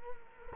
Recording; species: mosquito wingbeat signal from an infrared sensor; Culex quinquefasciatus